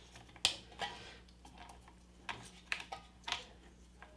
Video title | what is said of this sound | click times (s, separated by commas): Samsung Dryer Won't Stop Spinning REPAIR/FIX with Circuit Board Replacement | this one here is the the smaller of the two it's going to snap in here | 0.4 s